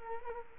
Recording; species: mosquito wingbeat signal from an infrared sensor; Culex quinquefasciatus